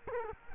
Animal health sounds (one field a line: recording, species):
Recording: mosquito wingbeat signal from an infrared sensor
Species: Culex quinquefasciatus